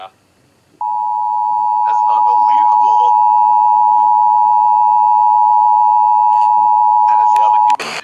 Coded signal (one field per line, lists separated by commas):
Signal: Emergency Alert System (SAME) tones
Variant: 853 and 960 Hz attention tone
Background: speech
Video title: Oregon's RMT (EAS #3299-3304)